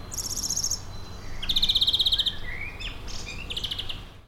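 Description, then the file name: European greenfinch with fast buzzy trills and a few brief rising whistled notes between them, low background rumble throughout. "Chloris chloris"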